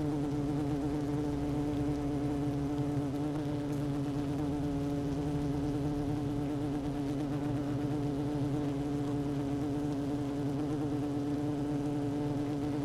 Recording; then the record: honeybee colony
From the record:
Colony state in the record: active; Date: 12 June 2018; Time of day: 16:29